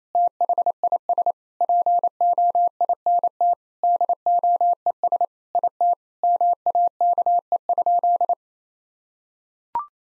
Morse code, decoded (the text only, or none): THIS POINT DOES IT MAKE?